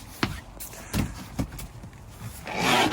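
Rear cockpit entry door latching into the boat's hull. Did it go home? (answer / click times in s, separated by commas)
yes / 0.2 s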